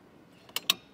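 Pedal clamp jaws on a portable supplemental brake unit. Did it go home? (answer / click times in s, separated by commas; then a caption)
yes / 0.6 s, 0.7 s. The metal brake-pedal clamp jaws of a Blue Ox Patriot portable flat tow brake system are pulled open by their release until they lock in the open position. After a faint tick, two sharp metallic clicks sound at 0.6 s and 0.7 s as the jaws click into place and stay seated open.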